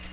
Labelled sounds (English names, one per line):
Nashville Warbler flight call